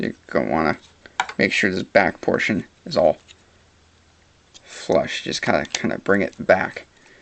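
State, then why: Not seated. A plastic mech model kit part is lined up by hand over the mech figure's peg holes so its back portion sits flush, while someone talks, with a quiet pause in the middle. Nothing has seated or clicked onto the pegs yet.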